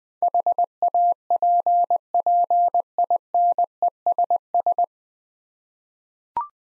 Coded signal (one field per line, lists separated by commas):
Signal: Morse code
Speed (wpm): 21 wpm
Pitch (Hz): 700 Hz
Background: none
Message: HAPPINESS